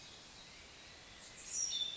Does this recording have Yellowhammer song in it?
no